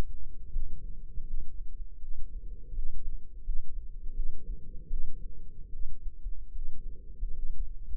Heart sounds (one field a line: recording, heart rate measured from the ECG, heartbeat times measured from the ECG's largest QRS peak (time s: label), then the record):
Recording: heart sounds by microphone in the left ear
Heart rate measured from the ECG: 79 bpm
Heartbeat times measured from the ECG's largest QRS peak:
0.49 s: heartbeat
1.23 s: heartbeat
1.98 s: heartbeat
2.71 s: heartbeat
3.42 s: heartbeat
4.12 s: heartbeat
4.87 s: heartbeat
5.69 s: heartbeat
6.51 s: heartbeat
7.31 s: heartbeat
From the record:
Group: healthy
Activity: rest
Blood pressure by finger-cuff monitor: 144/89 mmHg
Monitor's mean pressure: 103 mmHg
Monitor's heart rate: 81 bpm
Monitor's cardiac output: 6.8 L/min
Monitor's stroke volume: 86 mL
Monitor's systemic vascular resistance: 1110 dyn s/cm5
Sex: female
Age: 22 years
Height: 171 cm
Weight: 65.6 kg